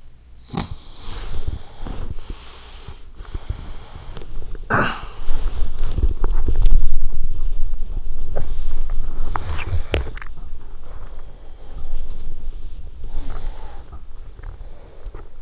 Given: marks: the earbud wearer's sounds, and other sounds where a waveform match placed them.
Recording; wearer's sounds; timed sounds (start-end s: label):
sounds in sleep by an in-ear microphone; snoring breath, body movement, breath, cough or throat clearing or sniffle, swallowing
0.00-3.14 s: snoring breath
0.00-15.08 s: body movement
3.27-6.18 s: breath
4.52-5.93 s: cough or throat clearing or sniffle
9.05-12.47 s: breath
9.22-10.63 s: swallowing
11.59-14.07 s: sound from someone else or the room
12.82-15.42 s: breath